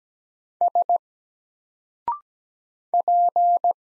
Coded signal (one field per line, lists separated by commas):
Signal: Morse code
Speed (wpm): 17 wpm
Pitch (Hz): 700 Hz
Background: none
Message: S P